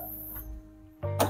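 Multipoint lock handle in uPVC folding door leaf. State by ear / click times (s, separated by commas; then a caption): seated / 1.2 s. Someone lifts the handle on the main leaf of a uPVC folding door upward to engage its multipoint pin-lock system. After a quiet stretch and a rise in noise just past 1.0 s, one sharp click is heard at 1.2 s. All the locking points from top to bottom are locked.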